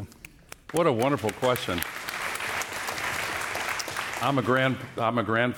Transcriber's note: applause